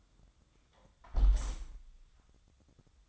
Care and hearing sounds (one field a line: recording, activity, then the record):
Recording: daily activity, microphone in the room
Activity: close window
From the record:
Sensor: 3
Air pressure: 1004.6 hPa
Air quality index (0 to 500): 89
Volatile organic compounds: 3 ppm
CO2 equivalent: 1373 ppm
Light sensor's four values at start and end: 7/17/6/6 and 7/16/6/6